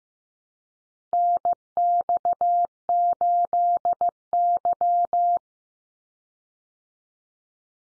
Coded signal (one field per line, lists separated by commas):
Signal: Morse code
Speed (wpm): 15 wpm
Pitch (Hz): 700 Hz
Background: none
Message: NX8Y